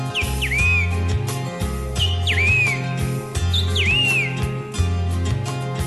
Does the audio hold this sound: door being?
no